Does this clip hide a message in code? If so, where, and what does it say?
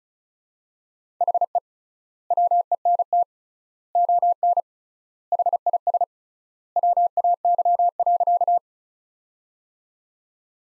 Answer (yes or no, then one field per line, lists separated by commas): yes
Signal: Morse code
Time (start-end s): 1.2-8.6 s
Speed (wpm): 34 wpm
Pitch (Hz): 700 Hz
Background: none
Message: HE WENT ON HIS WAY.